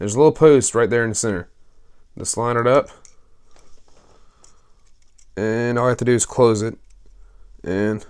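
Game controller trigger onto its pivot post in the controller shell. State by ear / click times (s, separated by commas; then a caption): not seated / none. A replacement plastic trigger is lined up on the small center post inside an Xbox 360 controller shell, ready for the shell to be closed. Someone talks, and during a quiet gap from about 3.6 to 5.2 seconds there are only a few faint handling taps. Nothing has seated or clicked yet.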